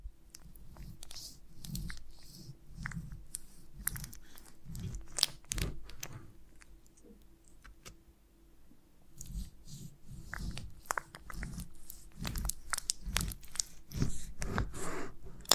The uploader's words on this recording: ASMR of a Honeycomb on Branch (No Talking).